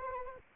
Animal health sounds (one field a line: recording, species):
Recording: mosquito wingbeat signal from an infrared sensor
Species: Anopheles arabiensis